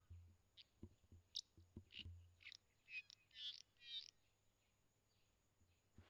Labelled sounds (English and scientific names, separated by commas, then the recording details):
Lesser Striped Swallow (Cecropis abyssinica)
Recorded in northern Uganda